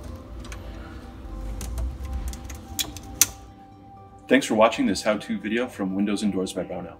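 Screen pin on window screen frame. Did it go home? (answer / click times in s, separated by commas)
yes / 3.2 s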